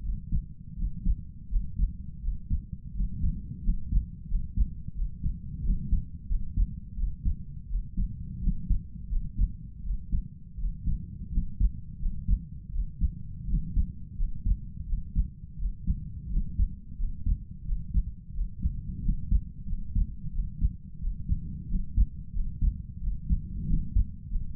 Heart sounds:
heart sounds by stethoscope; 87 bpm
0.01 s: heartbeat
0.75 s: heartbeat
1.48 s: heartbeat
2.20 s: heartbeat
2.92 s: heartbeat
3.61 s: heartbeat
4.27 s: heartbeat
4.93 s: heartbeat
5.62 s: heartbeat
6.27 s: heartbeat
6.95 s: heartbeat
7.67 s: heartbeat
8.39 s: heartbeat
9.08 s: heartbeat
9.82 s: heartbeat
10.56 s: heartbeat
11.30 s: heartbeat
11.98 s: heartbeat
12.70 s: heartbeat
13.45 s: heartbeat
14.15 s: heartbeat
14.85 s: heartbeat
15.56 s: heartbeat
16.28 s: heartbeat
16.96 s: heartbeat
17.64 s: heartbeat
18.32 s: heartbeat
19.01 s: heartbeat
19.65 s: heartbeat
20.31 s: heartbeat
20.98 s: heartbeat
21.67 s: heartbeat
22.31 s: heartbeat
22.99 s: heartbeat
23.65 s: heartbeat
24.28 s: heartbeat
From the record:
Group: healthy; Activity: rest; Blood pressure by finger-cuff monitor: 96/63 mmHg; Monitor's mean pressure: 70 mmHg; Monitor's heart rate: 86 bpm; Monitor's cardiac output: 5.6 L/min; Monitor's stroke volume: 65 mL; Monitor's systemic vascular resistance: 900 dyn s/cm5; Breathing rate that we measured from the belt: 24 breaths a minute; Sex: male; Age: 22 years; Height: 181 cm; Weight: 60 kg

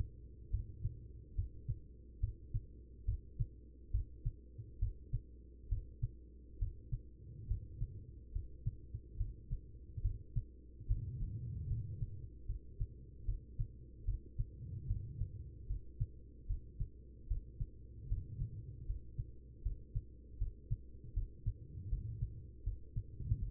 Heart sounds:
heart sounds by stethoscope; 73 bpm
0.50 s: heartbeat
1.35 s: heartbeat
2.20 s: heartbeat
3.05 s: heartbeat
3.91 s: heartbeat
4.79 s: heartbeat
5.68 s: heartbeat
6.58 s: heartbeat
7.47 s: heartbeat
8.32 s: heartbeat
9.17 s: heartbeat
10.01 s: heartbeat
10.87 s: heartbeat
11.67 s: heartbeat
12.46 s: heartbeat
13.25 s: heartbeat
14.05 s: heartbeat
14.87 s: heartbeat
15.67 s: heartbeat
16.47 s: heartbeat
17.27 s: heartbeat
18.08 s: heartbeat
18.86 s: heartbeat
19.62 s: heartbeat
20.38 s: heartbeat
21.13 s: heartbeat
21.89 s: heartbeat
22.63 s: heartbeat
23.39 s: heartbeat
From the record:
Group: healthy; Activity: rest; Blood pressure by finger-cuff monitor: 106/71 mmHg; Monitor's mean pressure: 84 mmHg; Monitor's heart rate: 74 bpm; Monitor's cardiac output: 5.3 L/min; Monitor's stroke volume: 72 mL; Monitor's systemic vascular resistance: 1140 dyn s/cm5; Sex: female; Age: 43 years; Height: 160 cm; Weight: 90 kg

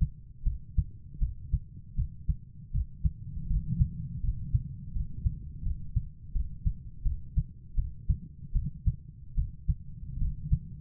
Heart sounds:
heart sounds by stethoscope; 80 bpm
0.43 s: heartbeat
1.18 s: heartbeat
1.95 s: heartbeat
2.71 s: heartbeat
3.47 s: heartbeat
4.20 s: heartbeat
4.92 s: heartbeat
5.63 s: heartbeat
6.32 s: heartbeat
7.02 s: heartbeat
7.75 s: heartbeat
8.52 s: heartbeat
9.34 s: heartbeat
10.18 s: heartbeat
From the record:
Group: healthy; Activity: cold pressor test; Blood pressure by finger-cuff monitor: 127/90 mmHg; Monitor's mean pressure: 104 mmHg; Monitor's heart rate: 79 bpm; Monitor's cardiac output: 5.8 L/min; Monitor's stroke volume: 74 mL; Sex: female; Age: 32 years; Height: 172 cm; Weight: 71.7 kg

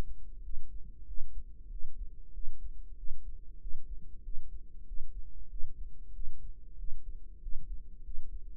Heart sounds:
heart sounds by microphone in the right ear; 95 bpm
0.44 s: heartbeat
1.08 s: heartbeat
1.71 s: heartbeat
2.34 s: heartbeat
2.98 s: heartbeat
3.61 s: heartbeat
4.25 s: heartbeat
4.88 s: heartbeat
5.51 s: heartbeat
6.15 s: heartbeat
6.79 s: heartbeat
7.43 s: heartbeat
8.05 s: heartbeat
From the record:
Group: healthy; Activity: rest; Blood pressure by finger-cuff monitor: 154/91 mmHg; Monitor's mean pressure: 107 mmHg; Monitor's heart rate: 94 bpm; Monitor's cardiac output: 7.5 L/min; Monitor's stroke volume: 80 mL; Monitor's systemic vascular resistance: 1060 dyn s/cm5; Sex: male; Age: 21 years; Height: 175 cm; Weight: 72.6 kg

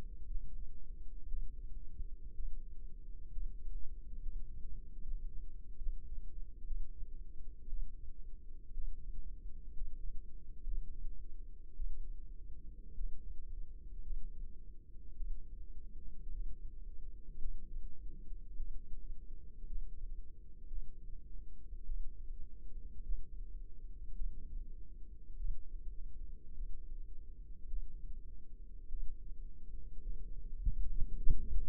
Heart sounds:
heart sounds by microphone in the left ear; 57 bpm
0.26 s: heartbeat
1.28 s: heartbeat
2.34 s: heartbeat
3.32 s: heartbeat
4.22 s: heartbeat
5.02 s: heartbeat
5.78 s: heartbeat
6.66 s: heartbeat
7.68 s: heartbeat
8.73 s: heartbeat
9.73 s: heartbeat
10.63 s: heartbeat
11.75 s: heartbeat
12.95 s: heartbeat
14.01 s: heartbeat
15.16 s: heartbeat
16.31 s: heartbeat
17.39 s: heartbeat
18.56 s: heartbeat
19.67 s: heartbeat
20.67 s: heartbeat
21.85 s: heartbeat
23.03 s: heartbeat
24.15 s: heartbeat
25.36 s: heartbeat
26.54 s: heartbeat
27.67 s: heartbeat
28.88 s: heartbeat
30.01 s: heartbeat
30.89 s: heartbeat
From the record:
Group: healthy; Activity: rest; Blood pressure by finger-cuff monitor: 102/61 mmHg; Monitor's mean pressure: 76 mmHg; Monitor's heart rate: 56 bpm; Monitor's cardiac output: 5 L/min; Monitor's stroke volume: 93 mL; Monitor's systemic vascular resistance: 1090 dyn s/cm5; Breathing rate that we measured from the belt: 17 breaths a minute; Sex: female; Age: 28 years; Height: 170 cm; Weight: 77 kg

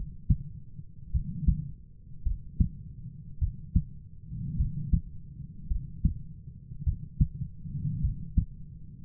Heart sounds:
heart sounds by stethoscope; 52 bpm
1.10 s: heartbeat
2.22 s: heartbeat
3.38 s: heartbeat
4.55 s: heartbeat
5.67 s: heartbeat
6.83 s: heartbeat
8.00 s: heartbeat
From the record:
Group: heart failure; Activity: rest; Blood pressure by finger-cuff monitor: 75/43 mmHg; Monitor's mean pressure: 54 mmHg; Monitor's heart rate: 52 bpm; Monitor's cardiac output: 4.3 L/min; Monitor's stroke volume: 83 mL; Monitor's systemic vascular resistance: 850 dyn s/cm5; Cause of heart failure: dilated cardiomyopathy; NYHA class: 3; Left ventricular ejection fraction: 27%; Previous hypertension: present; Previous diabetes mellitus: present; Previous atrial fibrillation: present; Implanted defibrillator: present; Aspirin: present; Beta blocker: bisoprolol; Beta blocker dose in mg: 1.25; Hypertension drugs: sacubitril-valsartan, spironolactone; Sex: female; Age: 39 years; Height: 170 cm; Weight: 64 kg

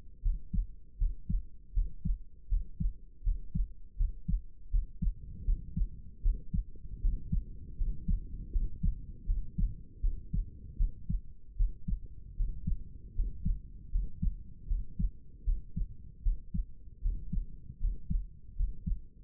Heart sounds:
heart sounds by stethoscope; 79 bpm
0.22 s: heartbeat
0.98 s: heartbeat
1.73 s: heartbeat
2.48 s: heartbeat
3.23 s: heartbeat
3.97 s: heartbeat
4.70 s: heartbeat
5.45 s: heartbeat
6.22 s: heartbeat
7.01 s: heartbeat
7.77 s: heartbeat
8.52 s: heartbeat
9.26 s: heartbeat
10.01 s: heartbeat
10.77 s: heartbeat
11.56 s: heartbeat
12.36 s: heartbeat
13.15 s: heartbeat
13.91 s: heartbeat
14.67 s: heartbeat
15.44 s: heartbeat
16.22 s: heartbeat
17.01 s: heartbeat
17.79 s: heartbeat
18.55 s: heartbeat
From the record:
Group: healthy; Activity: rest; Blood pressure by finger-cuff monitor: 108/71 mmHg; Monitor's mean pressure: 79 mmHg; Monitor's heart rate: 79 bpm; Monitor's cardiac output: 6.4 L/min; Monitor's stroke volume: 81 mL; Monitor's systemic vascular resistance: 910 dyn s/cm5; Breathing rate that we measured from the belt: 12 breaths a minute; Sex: male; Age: 35 years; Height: 180 cm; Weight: 86.9 kg

